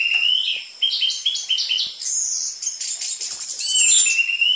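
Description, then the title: Orange-headed thrush song, a rapid run of varied warbled notes with a sharp high descending whistle, over a steady high-pitched ringing tone throughout. Prolific orange-headed thrush song on a lure recording for training cage birds, with dense filler material suited for tutoring spotted Trotol orange-headed thrushes. "PANCINGAN Anis Merah Gacor Materi Isian Rapat Cocok Untuk MASTERAN Anis Merah TROTOL"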